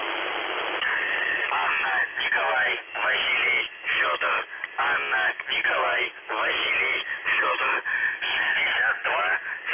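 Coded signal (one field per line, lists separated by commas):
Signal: numbers station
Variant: UVB-76, Russian voice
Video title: The Buzzer/UVB-76 Voice Message (November 25, 2020 10:08 UTC)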